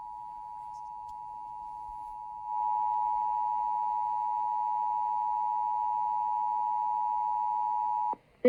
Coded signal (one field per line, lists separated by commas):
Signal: Emergency Alert System (SAME) tones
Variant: 853 and 960 Hz attention tone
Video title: Illinois Monthly FM/AM Radio EAS Test